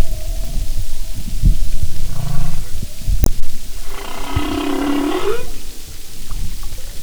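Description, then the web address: Humpback whale sound: one brief low grunt, then a buzzy harmonic moan rising at its end, half buried in loud low-frequency rumble and a sharp click. "Sound and Marine Mammals humpback"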